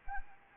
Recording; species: mosquito wingbeat signal from an infrared sensor; Anopheles arabiensis